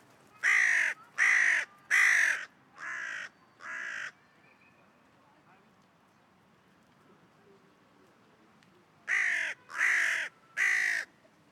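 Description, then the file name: Carrion crow cawing: a series of five harsh, hoarse caws at a steady pace, a pause of about five seconds, then three more similar caws. "Corvus corone - Carrion Crow"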